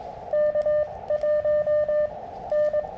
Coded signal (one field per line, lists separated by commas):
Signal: Morse code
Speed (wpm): 22 wpm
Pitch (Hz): 600 Hz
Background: none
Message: K1N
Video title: QRP CW POTA at Filmore Glen State Park